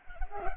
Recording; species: mosquito wingbeat signal from an infrared sensor; Culex pipiens